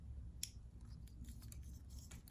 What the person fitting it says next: Got a little click